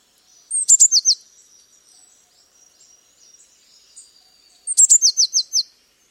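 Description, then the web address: Eurasian blue tit giving two high, sweet phrases about four seconds apart, each a sharp opening note followed by a rapid string of falling tinkling notes. "cianscape. Deverinetal"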